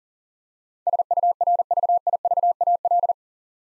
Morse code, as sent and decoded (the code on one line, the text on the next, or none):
... ..- .-. ...- .. ...- .- .-..
SURVIVAL